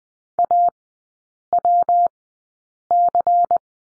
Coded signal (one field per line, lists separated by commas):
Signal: Morse code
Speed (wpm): 20 wpm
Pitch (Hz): 700 Hz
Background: none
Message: AWC